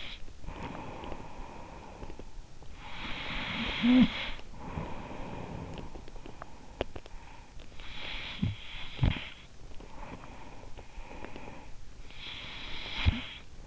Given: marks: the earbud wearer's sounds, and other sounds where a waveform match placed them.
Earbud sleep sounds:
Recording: sounds in sleep by an in-ear microphone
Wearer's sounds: breath, snoring breath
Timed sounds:
0.00-2.70 s: breath
2.70-13.67 s: snoring breath

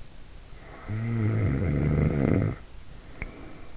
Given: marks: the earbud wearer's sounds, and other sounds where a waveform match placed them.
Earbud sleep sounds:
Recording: sounds in sleep by an in-ear microphone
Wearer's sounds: snoring breath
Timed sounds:
0.63-3.72 s: snoring breath

